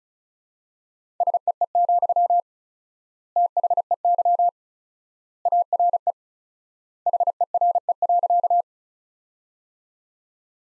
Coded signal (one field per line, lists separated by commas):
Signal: Morse code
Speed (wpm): 36 wpm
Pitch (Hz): 700 Hz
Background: none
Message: SEE, THEY ARE HERE.